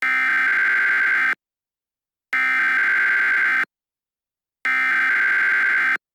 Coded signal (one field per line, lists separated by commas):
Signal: Emergency Alert System (SAME) tones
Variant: header bursts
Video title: Hacking Incident EAS Scenario mini